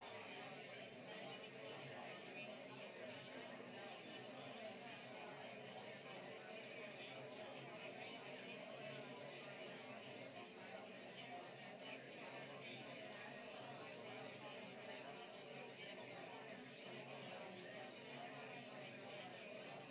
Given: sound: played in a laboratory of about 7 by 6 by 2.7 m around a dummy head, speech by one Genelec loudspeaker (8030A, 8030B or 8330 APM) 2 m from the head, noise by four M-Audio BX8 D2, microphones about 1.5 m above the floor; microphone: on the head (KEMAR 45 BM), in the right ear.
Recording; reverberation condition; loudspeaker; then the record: babble noise; low; four, about 170 cm from the corners of the room and facing them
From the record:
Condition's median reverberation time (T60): about 310 ms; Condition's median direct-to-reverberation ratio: about 3.5 dB